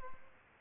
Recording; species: mosquito wingbeat signal from an infrared sensor; Aedes aegypti